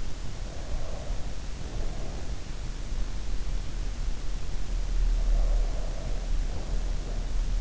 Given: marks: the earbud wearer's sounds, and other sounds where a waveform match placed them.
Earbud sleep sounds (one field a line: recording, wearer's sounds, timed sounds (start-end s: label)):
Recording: sounds in sleep by an in-ear microphone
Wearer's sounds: breath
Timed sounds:
0.54-2.39 s: breath
5.17-7.61 s: breath